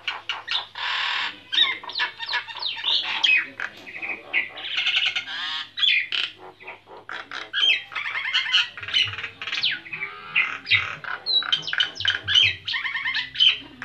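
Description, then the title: Nias hill myna song: a dense, fast run of varied high chirps, squeaks and sharp whistled notes with short pauses between bursts. Loud, persistently singing bird whose song is used as masteran, a model for training other songbirds. "Burung Jalak Nias Gacor Suara Super Gledek Untuk Masteran"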